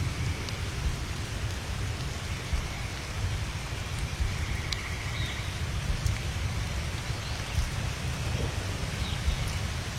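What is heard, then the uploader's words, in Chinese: Light rain falls outdoors in a steady, dense patter, with a low continuous rush underneath that could be a small stream. A few sharper drips land here and there, and faint bird chirps appear briefly around the middle and later on. 野外细雨。这段音频捕捉到了细雨洒在树叶间、小溪声轻轻流淌的和谐画面。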